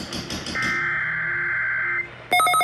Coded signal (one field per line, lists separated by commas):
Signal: Emergency Alert System (SAME) tones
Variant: header bursts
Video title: King County DEM Required Monthly Test EAS(12-12-2020)